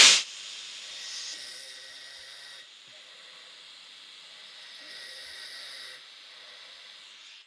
It's a horrible noise. It's really grotesque. It sounds almost mechanical. It sounds evil. Old man sound, isn't it? Snoring.